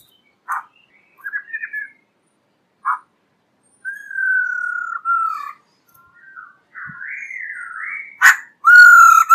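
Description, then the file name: Black-throated laughingthrush song with scattered short notes, a long slowly falling whistle, rising slurred whistles, then a harsh burst and a loud steady whistle. Female bird singing. "Tieng khuou bac ma mai hot"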